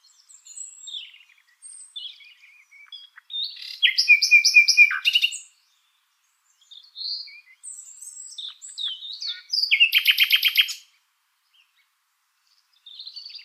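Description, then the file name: Common nightingale singing in separate phrases of whistles, chirps and fast pulsed trills, with short silent gaps between phrases. "Luscinia megarhynchos"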